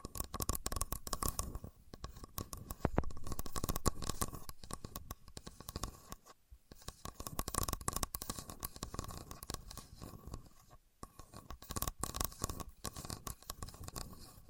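A contour gauge is worked with dense, rapid clicking and scraping as its pins slide, in bursts that pause briefly around six and eleven seconds. A faint steady tone hums underneath throughout. There is no speech.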